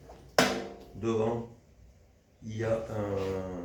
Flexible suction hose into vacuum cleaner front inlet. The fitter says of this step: Le gros tuyau souple qui vient se clipser